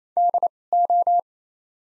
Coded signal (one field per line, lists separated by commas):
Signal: Morse code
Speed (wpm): 28 wpm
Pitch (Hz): 700 Hz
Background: none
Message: D O